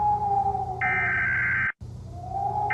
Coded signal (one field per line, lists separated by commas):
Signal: Emergency Alert System (SAME) tones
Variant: header bursts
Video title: lsreal EAS ALERT: Middile East cold war Scenerio! [FREE TO USE]